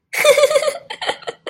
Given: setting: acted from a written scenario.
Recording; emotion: vocal sound without words; amusement